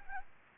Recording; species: mosquito wingbeat signal from an infrared sensor; Anopheles arabiensis